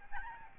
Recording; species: mosquito wingbeat signal from an infrared sensor; Aedes albopictus